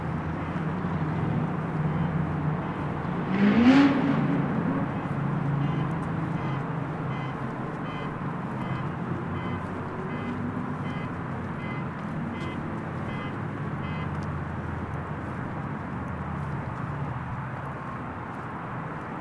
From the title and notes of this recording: A slightly different walk thought the area around my hotel in San Antonio. Slightly different path through the buildings along 410. For this walk I recorded on an F6 via the line-out of a an H5 and it’s stereo X/Y capsule. Slightly more handling noise because of the cable into my bag.